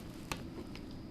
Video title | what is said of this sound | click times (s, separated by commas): Donning Personal Protective Equipment: Emory Healthcare Preparedness Protocols | until it snaps | 0.3 s